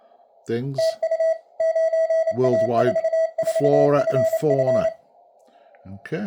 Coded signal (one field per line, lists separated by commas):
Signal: Morse code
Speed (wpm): 27 wpm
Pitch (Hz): 660 Hz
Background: speech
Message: TU 9A44FF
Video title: Various and including 9A4FF CW decode and II0LOVE